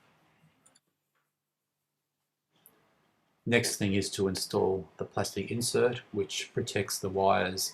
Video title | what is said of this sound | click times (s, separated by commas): Bomber motor bearing replacement | You should hear a nice snap or click as you pull the case back onto the bearing. | 2.7 s